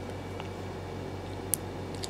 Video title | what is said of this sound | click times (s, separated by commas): 02 Connecting motors to board and testing | until it clicks | 1.5 s